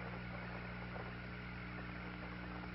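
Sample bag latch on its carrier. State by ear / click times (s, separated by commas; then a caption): not seated / none. On the lunar surface, an astronaut tries to latch a sample bag onto its holder on the carrier, but it won't latch at this angle. Only a steady, even hum and hiss with low tonal bands is heard for the whole 2.8 seconds, with no sharp sounds. Nothing has clicked or seated yet.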